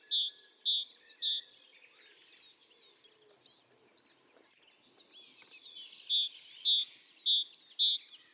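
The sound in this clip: Great tit delivering bouncy two-note phrases, a brief series, several seconds of quieter twittering, then another run of the same repeated pair.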